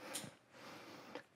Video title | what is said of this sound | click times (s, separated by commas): Regain Independence with the MAIDeSITe AX05 Floor Lift - Easy Floor Recovery (Review) | snaps right in like that | 0.1 s, 1.1 s